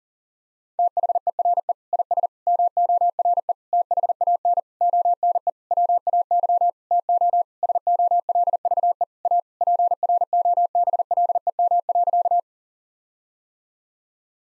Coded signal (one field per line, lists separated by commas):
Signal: Morse code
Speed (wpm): 37 wpm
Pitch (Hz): 700 Hz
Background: none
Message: THERE IS MORE THAN ONE WAY TO SOLVE A PROBLEM.